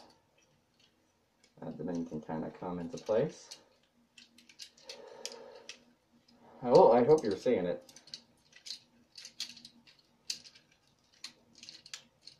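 While blindfolded, someone handles a plastic Transformers DOTM Ultimate Prime robot action figure, working a part toward its mating joint on the figure. Someone talks in two bursts, while short plastic clicks and taps from the handling sound throughout. Nothing has seated or clicked into place yet.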